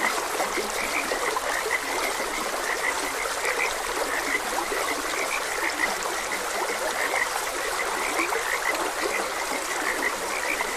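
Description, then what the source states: Overlapping frog croaks in a busy chorus over the steady flow of a stream. Frogs croaking beside a gentle stream.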